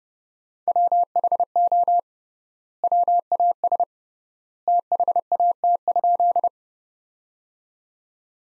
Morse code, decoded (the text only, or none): WHO WAS THAT?